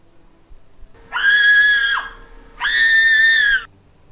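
A woman screams in fright twice as a bloody corpse grabs her foot, each a shrill, sustained cry lasting about a second, separated by a brief pause, the pitch holding high and dipping slightly as each ends.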